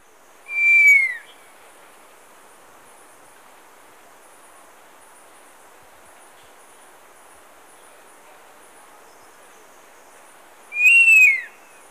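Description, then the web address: Scaled fruiteater giving two thin, high whistles about ten seconds apart, each drawn out then dropping at the end, with faint background hiss between. Ecuador. "Birds of Ecuador. Scaled Fruiteater"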